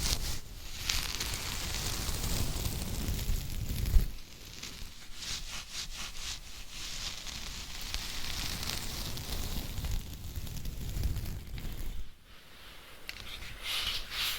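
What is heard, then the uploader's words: Dense, steady scratching and rustling with fine crackly detail, strongest in the first four seconds, easing after a sharp tap, then briefly dipping near twelve seconds. Scratching , Tapping , Massage & More. No Talking.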